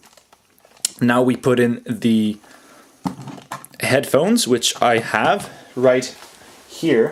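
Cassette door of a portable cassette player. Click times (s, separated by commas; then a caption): 0.8 s. Someone lines up the cassette and presses the plastic cassette door of an Aiwa HS-G35MKII portable stereo cassette player closed. It latches with a sharp, loud click at 0.8 s, and then someone talks.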